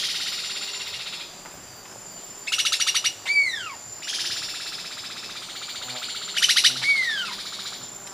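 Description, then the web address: Immaculate Antbird giving two short harsh chattering bursts, each followed by a clear whistle that slides sharply downward, with high hiss in between. Ecuador. "Natures Songs S America Birds of Ecuador Immaculate Antbird"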